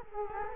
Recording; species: mosquito wingbeat signal from an infrared sensor; Culex quinquefasciatus